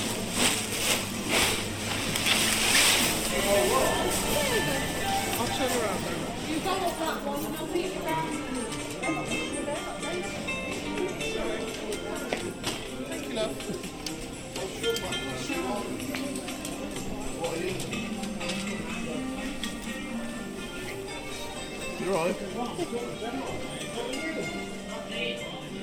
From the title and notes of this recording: Coventry Market: Monday morning for traders and customers. In this soundscape, we slip inside to visit on an ordinary Monday morning in January. As we weave our way around the building for a full 360 tour, we enjoy listening in to the locals and traders’ passing exchanges and purchases. The recordings were captured using a binaural microphone between January and April 2022.